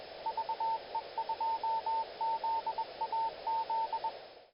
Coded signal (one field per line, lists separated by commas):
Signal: Morse code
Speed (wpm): 21 wpm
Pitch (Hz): 900 Hz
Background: radio noise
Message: VE2ZAZ